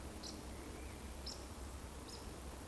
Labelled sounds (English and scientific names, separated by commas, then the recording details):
Eurasian Woodcock (Scolopax rusticola)
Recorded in Baden-Württemberg, Germany, on 25 June 2020 at 19:52 UTC
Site 14569, 102 m above sea level